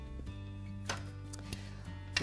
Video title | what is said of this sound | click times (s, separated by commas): Thang nhôm little giant M13, M17, M22, M26 - thang nhom little giant M13, M17, M22, M26. | lock this into place to the one closest to me | 2.2 s